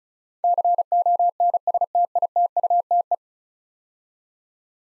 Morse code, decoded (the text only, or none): CONSTITUTE